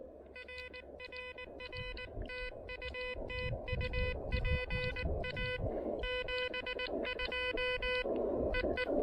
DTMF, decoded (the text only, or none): none